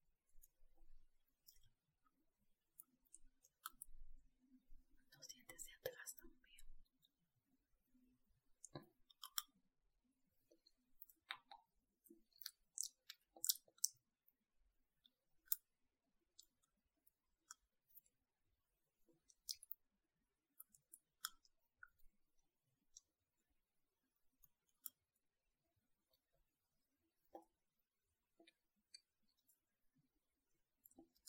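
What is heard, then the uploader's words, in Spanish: Brush, water and mouth sounds: sparse, crisp clicks and short scratchy strokes scattered across the half minute, with a denser, busier cluster around five to seven seconds. Between the bursts there is near silence, and some brief wet mouth noises. ASMR Cepillo mis dientes. Sonidos de cepillo, agua, y boca.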